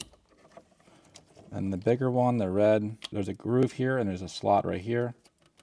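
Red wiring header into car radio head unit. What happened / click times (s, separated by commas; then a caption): The connector is handled but not yet seated / none. A larger red wiring header is handled and lined up by its groove and slot at the back of a Porsche Classic Radio (PCCM+) car radio head unit during an Apple CarPlay install, while someone talks. Faint handling taps sound near 0.0, 1.2 and 5.5 seconds. Nothing has seated or clicked yet.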